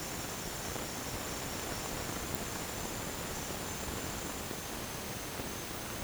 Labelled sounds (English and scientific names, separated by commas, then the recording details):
none
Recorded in dense forest near Puerto Asís, Putumayo, Colombia, on 22 June 2025 at 08:00
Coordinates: 0.503, -76.323
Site G059